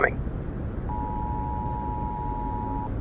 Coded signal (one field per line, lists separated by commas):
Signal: Emergency Alert System (SAME) tones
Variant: 853 and 960 Hz attention tone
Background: speech